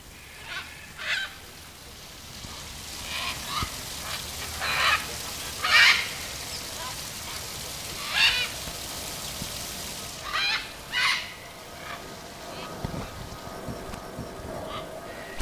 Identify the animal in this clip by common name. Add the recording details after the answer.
Red-and-green Macaw. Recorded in captivity. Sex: group. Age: adult. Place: Tierpark Carl Hagenbeck, Hamburg, DE. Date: 2000-11-26 13:09. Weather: cloudy, 5-6°C. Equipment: Nagra SN, Kopie Uher 4000 Report Monitor. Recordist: Tembrock, Günter